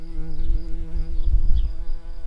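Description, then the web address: Garden bumblebee buzzing, a steady droning hum with a rich stack of overtones and a slight wavering in pitch, over a low rumbling background. Workers. "bumblebees Hortorum-workers"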